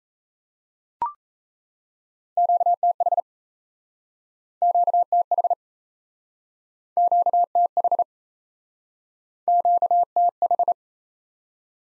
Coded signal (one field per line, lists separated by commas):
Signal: Morse code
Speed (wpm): 38 wpm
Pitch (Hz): 700 Hz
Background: none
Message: QTH QTH QTH QTH